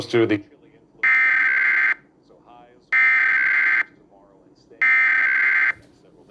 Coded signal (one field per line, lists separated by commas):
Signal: Emergency Alert System (SAME) tones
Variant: header bursts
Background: speech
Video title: KCBS, KNBC, KTLA 2023 EAS Test - October 4, 2023